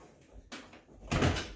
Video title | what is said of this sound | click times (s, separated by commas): Deebot D77 Ecovacs Review self emptying bin, can an OLD robot Vacuum pickup RED HOT Candies 🤔🤔🤔 | pops right out very cool | 1.1 s